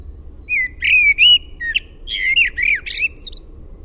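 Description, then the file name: Common blackbird singing a mellow, fluty warbled phrase that breaks into a jumble of squeaky, twittering notes at the end, over faint low background hum. "MUSTARASTAS"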